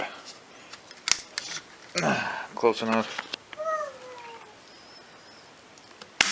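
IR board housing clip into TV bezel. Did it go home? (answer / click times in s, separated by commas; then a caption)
yes / 6.2 s. A plastic clip on the IR board housing of a Samsung TV's touch-function IR board is pushed into the TV frame (bezel), and it seats with a sharp snap at 6.2 s. Before this, someone talks, and there are scattered small clicks and handling noises along with a brief meow-like tonal sound.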